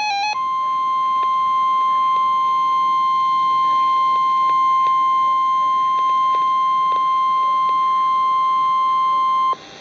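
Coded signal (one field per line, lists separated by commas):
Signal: Emergency Alert System (SAME) tones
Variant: 1050 Hz attention tone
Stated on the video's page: Real NOAA Weather Radio alert, a Special Marine Warning.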